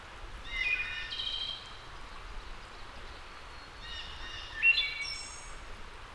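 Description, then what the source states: Wood thrush singing two phrases, each of layered flute-like whistles, the second ending in a bright high trill, over soft continuous hiss. Labelled as a return.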